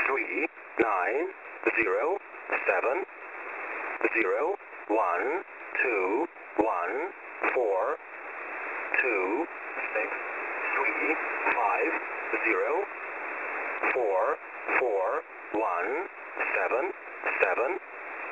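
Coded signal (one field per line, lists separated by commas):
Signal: numbers station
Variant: English Man, English voice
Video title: "English Man" number station at 14472 kHz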